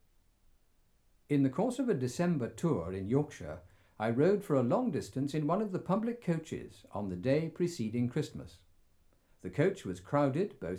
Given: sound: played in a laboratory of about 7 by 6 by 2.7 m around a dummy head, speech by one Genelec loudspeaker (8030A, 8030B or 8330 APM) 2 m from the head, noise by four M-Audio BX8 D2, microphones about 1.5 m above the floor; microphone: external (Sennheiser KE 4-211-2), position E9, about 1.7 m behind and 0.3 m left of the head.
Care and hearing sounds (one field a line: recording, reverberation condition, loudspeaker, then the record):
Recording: male speech in English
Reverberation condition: low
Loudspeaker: 150 degrees to the left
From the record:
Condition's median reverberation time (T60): about 310 ms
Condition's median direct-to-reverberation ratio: about 3.5 dB